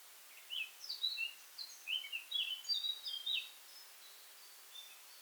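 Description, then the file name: Eurasian blackcap: quiet songbird warble, a couple of seconds of quick varied notes over steady background hiss, then near silence. "Sylvia atricapilla"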